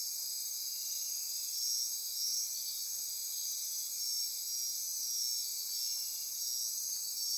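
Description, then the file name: Insects in a high, droning chorus with gentle swells in loudness, layered trills running without pause. Insect chorus at midnight near Corcovado. "Wind-is-the-Original-Radio-Fridays 20240628 Andy-Martin Midnight-Insect-Chorus-Near-Corcovado"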